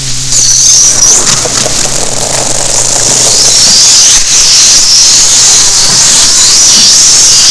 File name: Stenella Plagiodon